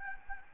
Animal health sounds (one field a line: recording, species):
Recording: mosquito wingbeat signal from an infrared sensor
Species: Aedes albopictus